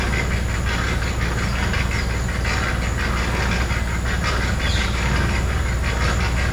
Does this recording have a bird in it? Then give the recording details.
no. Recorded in pastures near Puerto Asís, Putumayo, Colombia, on 20 December 2024 at 14:00. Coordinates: 0.466, -76.322. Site G040